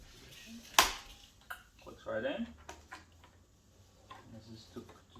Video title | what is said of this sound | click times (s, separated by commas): Wyze robot vacuum lidar unpack, setup, first use, review | one of these brushes is supposed to mount up over here clicks | 0.8 s